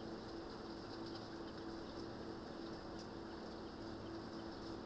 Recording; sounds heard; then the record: poultry house recording; healthy chickens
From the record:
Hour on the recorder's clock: 21